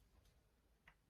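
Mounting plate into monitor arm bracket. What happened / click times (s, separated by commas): The mounting plate only partly seated / 0.9 s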